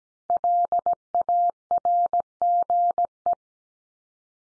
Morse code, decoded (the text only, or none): LARGE